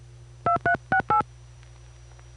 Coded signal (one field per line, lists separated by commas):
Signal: DTMF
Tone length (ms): 100 ms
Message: 2368